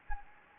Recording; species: mosquito wingbeat signal from an infrared sensor; Anopheles gambiae